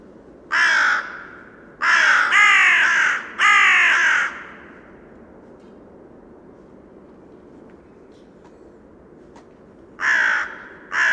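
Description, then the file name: Carrion crow giving hoarse drawn-out caws, one then three in quick succession, a pause of several seconds, then two more harsh caws at the end. "Corvus corone"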